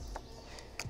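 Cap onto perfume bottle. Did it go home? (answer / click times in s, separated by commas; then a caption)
yes / 0.8 s. A cap is pushed back onto a Dolce & Gabbana Light Blue Pour Homme Eau Intense perfume bottle and snaps into place with a short, sharp click at 0.8 s, after a fainter tap near 0.2 s. The cap seats, though it is judged not entirely trustworthy.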